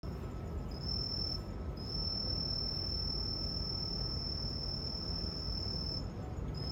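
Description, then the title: Insect chirping: a steady high thin trill running almost continuously with brief gaps, over a constant low rumble. Autumn insects. "秋の虫の声"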